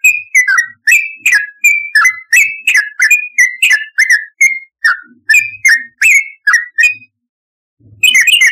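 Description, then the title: Yellow-vented bulbul song: a steady run of short, bubbly whistled notes, each slurring down, delivered in quick succession with a brief pause near the end. "Trucukan"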